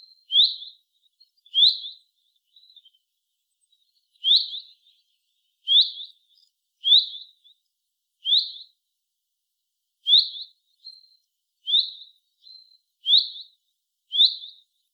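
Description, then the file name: Common chaffinch repeating short, emphatic metallic call notes at uneven intervals, with a longer gap near the start and quieter faint notes in between. "Fringilla coelebs"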